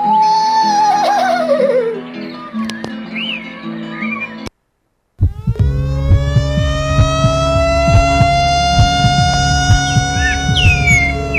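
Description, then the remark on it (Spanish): A loud siren wails in long, sliding harmonic tones, briefly cut by a short silence before a slow rising wail resumes, with faint chirping mixed in. “Los pájaros suenan mejor que las sirenas.”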